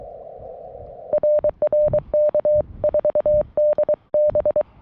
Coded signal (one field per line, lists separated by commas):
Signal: Morse code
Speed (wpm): 21 wpm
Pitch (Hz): 590 Hz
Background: none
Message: RR K4DB